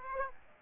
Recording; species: mosquito wingbeat signal from an infrared sensor; Aedes aegypti